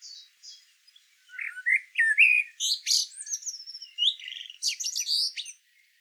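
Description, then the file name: Common blackbird singing: a few soft high notes, then low mellow fluty whistles that break into bright, scratchy, high-pitched twittering flourishes. "Turdus merula"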